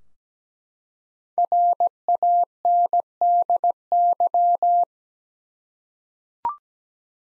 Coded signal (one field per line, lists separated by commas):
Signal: Morse code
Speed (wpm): 17 wpm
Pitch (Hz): 700 Hz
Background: none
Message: RANDY